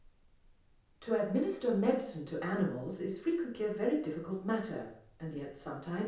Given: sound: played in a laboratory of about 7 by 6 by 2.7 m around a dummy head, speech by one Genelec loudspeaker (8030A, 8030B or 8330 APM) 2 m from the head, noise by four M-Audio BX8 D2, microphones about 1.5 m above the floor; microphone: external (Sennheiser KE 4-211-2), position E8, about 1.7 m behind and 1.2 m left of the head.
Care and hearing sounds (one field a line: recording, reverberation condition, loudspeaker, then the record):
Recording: female speech in English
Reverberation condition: medium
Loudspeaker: 30 degrees to the left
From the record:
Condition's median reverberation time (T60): about 510 ms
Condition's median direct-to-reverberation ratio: about -0.5 dB